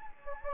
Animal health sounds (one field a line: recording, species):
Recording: mosquito wingbeat signal from an infrared sensor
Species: Anopheles gambiae